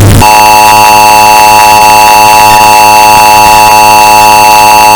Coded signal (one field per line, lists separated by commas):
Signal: Emergency Alert System (SAME) tones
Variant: 853 and 960 Hz attention tone